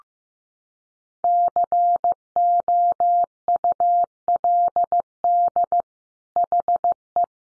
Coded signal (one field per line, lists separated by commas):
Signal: Morse code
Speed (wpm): 15 wpm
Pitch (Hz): 700 Hz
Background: none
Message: COULD HE